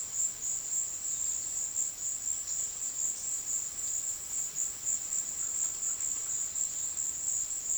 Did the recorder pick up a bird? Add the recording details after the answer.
no. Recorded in secondary vegetation near Puerto Asís, Putumayo, Colombia, on 19 February 2024 at 14:30. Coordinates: 0.472, -76.331. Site G6371